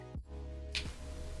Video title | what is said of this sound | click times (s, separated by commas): The Start of an Addiction... Kinda - Building LEGOs - Ninjago Monastery 0f Spinjitzu | Ooh, that's a satisfying snap. | 0.8 s